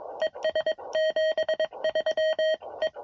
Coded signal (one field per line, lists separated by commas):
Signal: Morse code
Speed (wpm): 22 wpm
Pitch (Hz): 630 Hz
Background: none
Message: ES 73 E